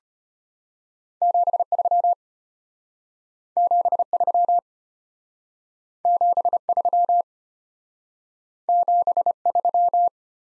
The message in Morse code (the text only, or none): 73 73 73 73